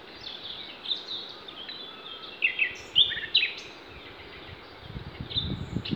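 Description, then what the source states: Songbirds singing, a scatter of high chirps and short whistled notes over a steady background hiss, with a low rumble near the end. Recorded in Demerje forest on 28 April 2020.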